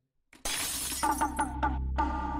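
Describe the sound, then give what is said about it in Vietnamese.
A glass bottle thrown into the corner of a wall smashes with one loud, bright crash, followed by a scatter of tinkling shards clattering and ringing for a couple of seconds. “Dứt lời, người đó ném một cái chai thủy tinh vào góc tường, khiến cho nó vỡ toang. Mảnh thủy tinh văng tứ tung.”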